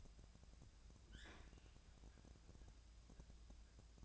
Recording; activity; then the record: daily activity, microphone in the room; open fridge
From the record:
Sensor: 2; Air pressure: 999.9 hPa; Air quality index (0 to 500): 124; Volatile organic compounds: 2 ppm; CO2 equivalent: 1068 ppm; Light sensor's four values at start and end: 32/80/34/38 and 32/80/34/38